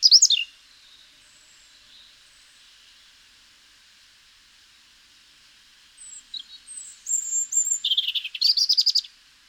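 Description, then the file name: European robin with a brief high note at the start, a long silence, then a jumbled phrase of thin whistles ending in a rapid buzzy rattle. "Erithacus rubecula"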